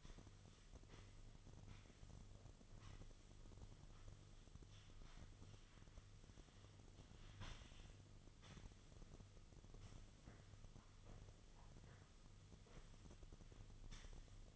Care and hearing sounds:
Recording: daily activity, microphone in the room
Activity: sweep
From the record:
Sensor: 4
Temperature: 26.3 degrees Celsius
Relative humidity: 32.1%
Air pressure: 1005.6 hPa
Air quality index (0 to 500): 110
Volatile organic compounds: 3 ppm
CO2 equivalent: 1367 ppm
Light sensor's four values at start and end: 13/29/11/11 and 13/29/11/11

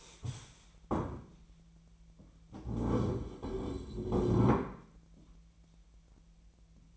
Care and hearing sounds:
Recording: daily activity, microphone in the room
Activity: stand up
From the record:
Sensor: 1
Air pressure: 1001.6 hPa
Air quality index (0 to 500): 248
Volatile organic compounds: 119 ppm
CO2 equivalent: 3872 ppm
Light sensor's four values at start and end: 13/31/13/15 and 14/34/14/16

